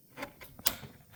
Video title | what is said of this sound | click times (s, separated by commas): How to Change an Air filter in Chevy Trailblazer. 2003 to 2009 Chevy Trailblazer, GMC, Bravada. | Once you squeeze it to get it off, you're just going to pop it back on. You should hear it click. | 0.7 s